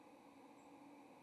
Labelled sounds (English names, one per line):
White-throated Sparrow flight call